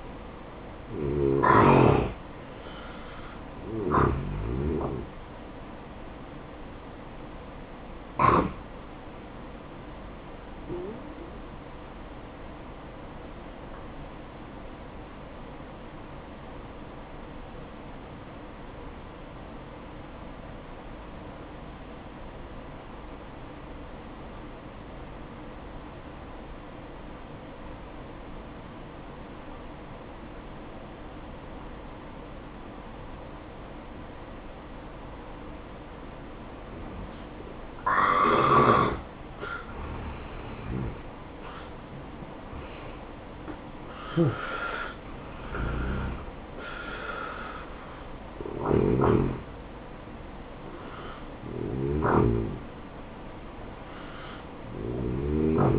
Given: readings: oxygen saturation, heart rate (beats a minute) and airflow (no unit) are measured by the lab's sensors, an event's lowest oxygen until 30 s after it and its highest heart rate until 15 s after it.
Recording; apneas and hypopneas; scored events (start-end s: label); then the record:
breathing in sleep by a voice recorder at the bedside; 1
12.00-41.70 s: hypopnea (N1, oxygen 95% highest, then 84% lowest, heart rate 61 at the start, 75 highest)
17.00-47.00 s: new sleep stage, N2 (light sleep)
47.00-55.79 s: new sleep stage, N1 (lightest sleep)
From the record:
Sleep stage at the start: N1 (lightest sleep); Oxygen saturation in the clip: 84 to 95%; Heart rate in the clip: 60 to 75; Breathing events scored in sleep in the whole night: 573 in 9.8 hours asleep